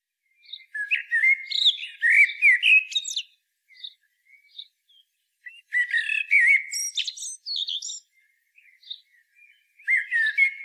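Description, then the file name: Common blackbird singing rich fluted phrases that break into high chattering twitters, three bursts separated by quieter gaps of about two seconds. "Turdus merula"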